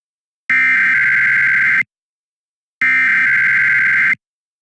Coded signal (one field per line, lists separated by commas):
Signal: Emergency Alert System (SAME) tones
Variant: header bursts